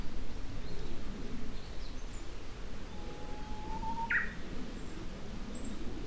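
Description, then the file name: Japanese bush warbler song: a level whistle lasting about a second that breaks into a short tumbling phrase, with a low background rumble and faint high notes. "uguisu"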